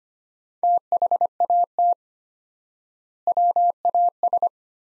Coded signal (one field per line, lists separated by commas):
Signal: Morse code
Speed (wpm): 25 wpm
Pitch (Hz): 700 Hz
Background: none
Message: THAT WAS